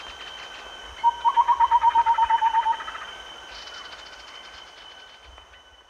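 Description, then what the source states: Chestnut-winged babbler giving a rapid series of many mellow hoots in under two seconds. Recorded at Danum on 1 April 2006.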